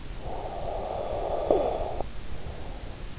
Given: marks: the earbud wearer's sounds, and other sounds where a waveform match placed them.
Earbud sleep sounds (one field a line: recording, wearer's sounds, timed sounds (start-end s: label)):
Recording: sounds in sleep by an in-ear microphone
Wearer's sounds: snoring breath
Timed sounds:
0.08-3.05 s: snoring breath